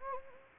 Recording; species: mosquito wingbeat signal from an infrared sensor; Anopheles gambiae